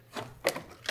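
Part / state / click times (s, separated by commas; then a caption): wiring plug into its mating connector on a motorcycle / seated / 0.5 s. A wiring plug is pushed back into its mating connector on a 2020 motorcycle project bike during installation of a Driven oil fill cap for a 2018 BMW S1000RR. A soft rubbing handling noise comes first, then a single sharp click at 0.5 s as the connector seats, followed by more handling noise near the end.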